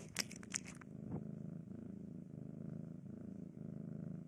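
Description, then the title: Cat purring, a steady low rumbling throb throughout, with a few sharp crinkling clicks near the start. Domestic cat recorded eating, sleeping and playing; presented as sleep-aid white noise. "正经的猫片：猫咪进食、睡觉、玩耍的声音"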